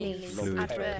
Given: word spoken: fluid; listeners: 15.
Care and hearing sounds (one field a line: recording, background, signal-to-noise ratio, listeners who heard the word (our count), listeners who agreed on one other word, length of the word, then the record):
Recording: one English word in noise, from a listening test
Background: four-talker babble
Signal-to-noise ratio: 0.8 dB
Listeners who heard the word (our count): 0 of 15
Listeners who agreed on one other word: 13 of 15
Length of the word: 0.60 s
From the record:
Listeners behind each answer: 13, 1, 1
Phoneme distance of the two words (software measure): 14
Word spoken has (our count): 2 syllables, 5 phonemes, stress on syllable 1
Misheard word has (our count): 1 syllable, 3 phonemes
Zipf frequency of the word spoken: 3.90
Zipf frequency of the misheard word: 5.45